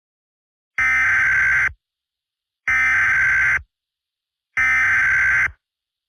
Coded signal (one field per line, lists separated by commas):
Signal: Emergency Alert System (SAME) tones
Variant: header bursts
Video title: Seattle Deep Freeze (an EAS short)